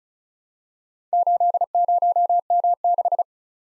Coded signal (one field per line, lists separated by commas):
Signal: Morse code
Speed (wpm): 35 wpm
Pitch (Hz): 700 Hz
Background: none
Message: 80M6